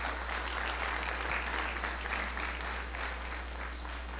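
A group of people clapping steadily, a dense, even patter of many hands that holds at a steady level throughout, with no voices standing out. The audience at a spirits congress is applauding a man, one of the cocktail boys.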